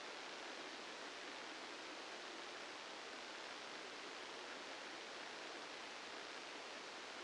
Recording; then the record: brain microelectrode recording played as sound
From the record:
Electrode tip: outside the subthalamic nucleus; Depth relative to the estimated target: -3 mm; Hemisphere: left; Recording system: NeuroSet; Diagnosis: Parkinson's disease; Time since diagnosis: 8 years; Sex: male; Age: 65 years